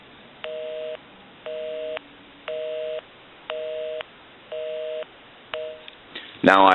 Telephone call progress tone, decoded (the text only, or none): busy tone